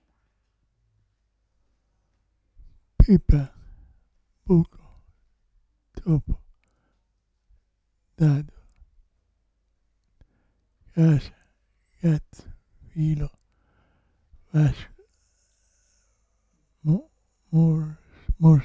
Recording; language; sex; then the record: read list of words; Italian; male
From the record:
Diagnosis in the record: Parkinson's disease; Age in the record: 65 years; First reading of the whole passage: 164 s, 3.2 characters per second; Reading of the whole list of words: 151 s, 1.9 characters per second